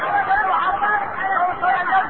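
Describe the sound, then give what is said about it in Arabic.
An audience chants blessings upon the Prophet, many voices overlapping in a steady, loud murmur of unison-like chanting that carries on throughout with no single speaker standing out. “سمعت الصلاة على حبيب الله محمد.”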